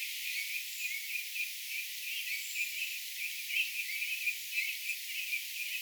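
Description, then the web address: Redwing flock giving a dense stream of short, buzzy chattering calls, rising and falling in intensity, with a couple of thin high seeps above a constant hiss. Flock of redwings vocalizing, recorded 29 October 2025. "29 10 2025 punakylkirastasparven aantelya"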